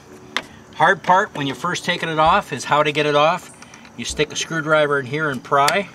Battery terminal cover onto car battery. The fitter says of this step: here you push down and it snaps over the battery